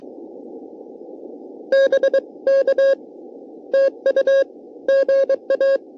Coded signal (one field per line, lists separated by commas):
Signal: Morse code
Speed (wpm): 22 wpm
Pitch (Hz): 540 Hz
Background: none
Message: BK TU GA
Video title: CW POTA US-11644